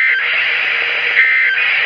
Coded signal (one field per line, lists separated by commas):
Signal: Emergency Alert System (SAME) tones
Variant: end-of-message bursts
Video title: PDS Tornado Warning (EAS #179)